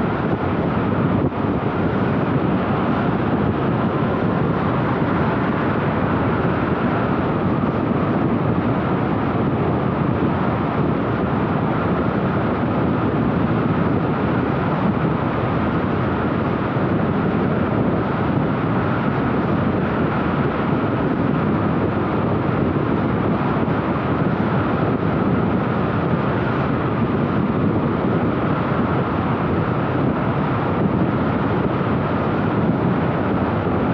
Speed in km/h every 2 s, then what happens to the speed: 97, 97, 96, 96, 97, 97, 98, 91, 105, 104, 104, 111, 97, 97, 97, 98, 99.
0-34 steady at about 97.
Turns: none.